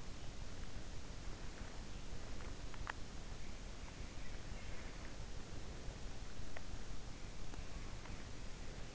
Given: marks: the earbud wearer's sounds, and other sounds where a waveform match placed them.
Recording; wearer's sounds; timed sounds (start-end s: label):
sounds in sleep by an in-ear microphone; teeth grinding
2.79-3.38 s: teeth grinding